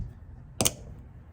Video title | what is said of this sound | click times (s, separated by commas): 1985 Chevy K5 Blazer 5 Bolt Automatic Locking Hub Disassembly/Assembly pt1 | with your fingers, and you'll hear it snap in. There | 0.6 s, 0.7 s